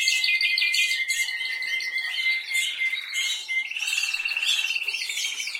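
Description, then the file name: Canary song with a long steady whistled tone under fast buzzy trills, then a rolling trill near the end. "Canary Voice"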